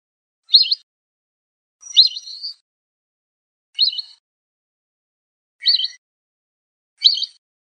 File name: audio burung belibis polos. omkicau